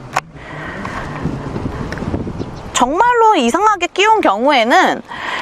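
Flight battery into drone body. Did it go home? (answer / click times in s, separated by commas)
yes / 0.2 s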